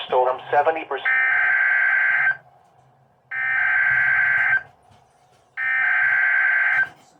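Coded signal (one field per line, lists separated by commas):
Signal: Emergency Alert System (SAME) tones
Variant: header bursts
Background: speech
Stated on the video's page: Alerts from the remnants of Hurricane Beryl.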